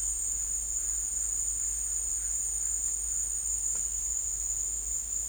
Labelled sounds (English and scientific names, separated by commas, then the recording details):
none
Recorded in secondary vegetation near Puerto Asís, Putumayo, Colombia, on 20 December 2024 at 14:30
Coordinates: 0.484, -76.319
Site GP06